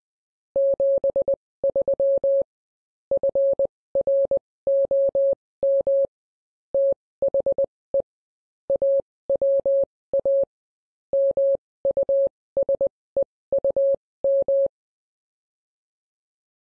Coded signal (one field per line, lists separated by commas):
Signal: Morse code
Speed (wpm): 20 wpm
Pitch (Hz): 550 Hz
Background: none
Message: 73 FROM THE AWA MUSEUM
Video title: Assembling Morse Assistive Technology Trainer -Step by Step